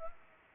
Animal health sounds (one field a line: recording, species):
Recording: mosquito wingbeat signal from an infrared sensor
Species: Anopheles arabiensis